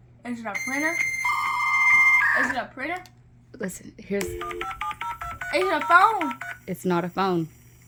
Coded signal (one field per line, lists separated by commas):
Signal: dial-up modem handshake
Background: speech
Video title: I asked my 13 year old if she knew what the sound of dial up internet was!